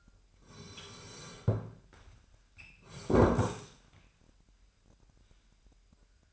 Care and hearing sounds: daily activity, microphone in the room; sit down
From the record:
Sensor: 2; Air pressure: 998.4 hPa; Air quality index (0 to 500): 125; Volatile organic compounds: 3 ppm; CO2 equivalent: 1416 ppm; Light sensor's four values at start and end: 5/12/5/5 and 6/14/6/6

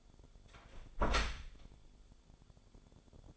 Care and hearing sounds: daily activity, microphone in the room; close door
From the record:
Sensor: 5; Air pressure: 1015.3 hPa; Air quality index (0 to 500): 209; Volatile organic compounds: 11 ppm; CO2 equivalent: 2269 ppm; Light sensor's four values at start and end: 36/81/33/32 and 36/81/33/32

